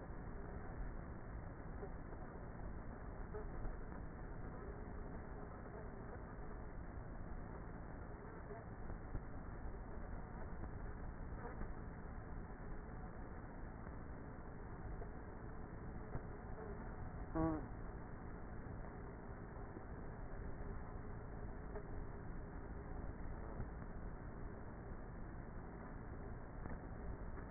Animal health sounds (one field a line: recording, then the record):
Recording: honeybee colony, microphone inside the hive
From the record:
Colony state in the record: queenless with a low population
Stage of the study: before two queens were removed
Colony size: about 30,000 bees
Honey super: no